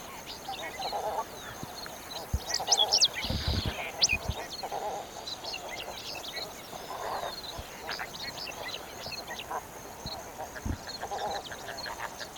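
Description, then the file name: Chilean flamingo flock giving nasal honks, with busy higher chatter from several birds throughout. "Golosa ptic - CHilijskij flamingo Phoenicopterus chilensis"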